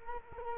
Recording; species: mosquito wingbeat signal from an infrared sensor; Culex quinquefasciatus